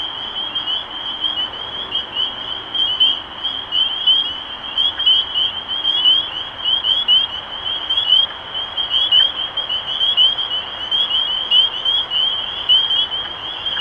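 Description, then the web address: Spring peeper chorus: a shrill, unbroken wall of high upslurred peeps, with louder single peeps popping out roughly every second. Recorded 23 March 2012. "rob animals Peepers-2012-0323"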